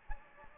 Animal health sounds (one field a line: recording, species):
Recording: mosquito wingbeat signal from an infrared sensor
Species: Anopheles gambiae